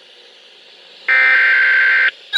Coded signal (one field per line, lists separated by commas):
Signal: Emergency Alert System (SAME) tones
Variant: header bursts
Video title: EAS #441 - 442 Severe Thunderstorm Warning